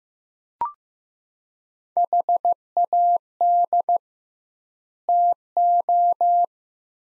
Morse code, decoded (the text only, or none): HAD TO